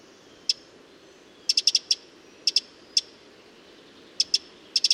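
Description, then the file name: Eurasian wren giving a lone tick, then a quick cluster of hard clicks, further paired and single ticks, and a closing rapid trio. "Troglodytes troglodytes"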